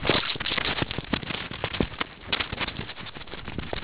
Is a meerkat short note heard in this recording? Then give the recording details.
no. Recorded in the Kuruman River Reserve, South Africa. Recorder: an audio tag on a meerkat's collar